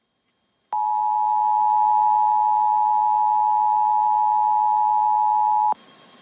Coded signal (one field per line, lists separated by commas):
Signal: Emergency Alert System (SAME) tones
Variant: 853 and 960 Hz attention tone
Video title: EAS 425-426 (3/20/22) KDKA TEST + WAHC RELAY + SHENANIGANS